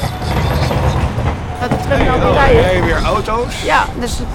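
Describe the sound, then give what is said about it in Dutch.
Steady street traffic rumble as cars pass by, a continuous low roar with swelling engine noise, while people talk over it. “Weer auto's.”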